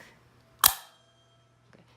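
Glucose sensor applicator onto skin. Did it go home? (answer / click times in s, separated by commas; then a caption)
yes / 0.7 s. A loaded plastic Abbott FreeStyle Libre glucose sensor applicator is pressed hard against cleaned skin until it fires. A loud, sharp click is heard at 0.7 s, followed by a faint tick at 1.7 s. The sensor is seated on the skin.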